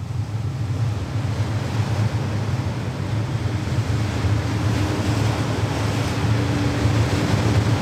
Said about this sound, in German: Und während er vor der Tür zum Thronsaal steht, so nahe, dass sie ihn mit der Hand greifen könnte, hört sie die Brandung grollen. Sehr weit.